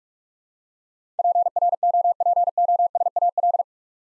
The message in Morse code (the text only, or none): PROPOSAL